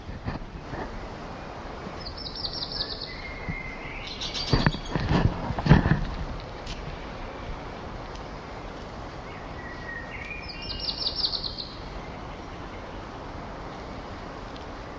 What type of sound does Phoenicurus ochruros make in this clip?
song